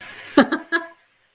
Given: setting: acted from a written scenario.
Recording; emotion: vocal sound without words; amusement